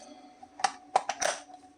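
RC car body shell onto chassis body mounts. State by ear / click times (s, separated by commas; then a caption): seated / 0.7 s, 1.0 s. The plastic body shell of an ARRMA Typhon Grom RC truck, with shims fitted for extra headroom and the battery installed, is pressed down onto its body mounts over a faint steady hum. It snaps into place with sharp clicks at 0.7 s and 1.0 s, followed by a short rattle of plastic. It now seats easily, where before it had to be leaned on to push it down.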